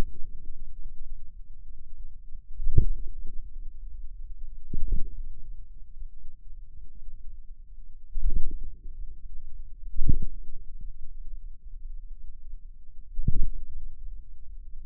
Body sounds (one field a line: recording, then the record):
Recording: forearm muscle sounds (acoustic myography)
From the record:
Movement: inward rotation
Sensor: system 2, bracelet of six BSWA MPA416 microphones around the upper forearm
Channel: 5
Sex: female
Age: 23 years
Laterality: right